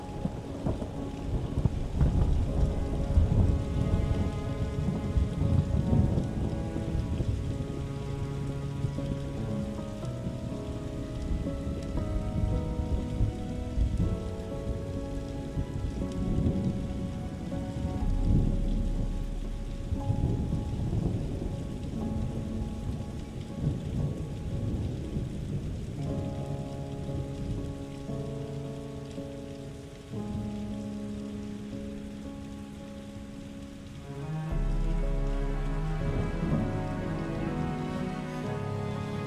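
Soft steady rain and low rumbles of thunder run beneath calm, sustained music whose held notes shift slowly, with a quieter dip near thirty seconds.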